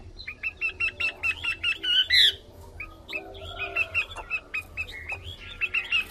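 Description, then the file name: Chinese hwamei: songbird giving a fast series of short whistled notes, then a louder flourish and a second series of whistled notes. Female hwamei singing. "Tieng chim hoa mi mai hot"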